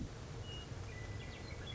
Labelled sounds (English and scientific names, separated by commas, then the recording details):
Western Meadowlark (Sturnella neglecta)
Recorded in Sonoma County, California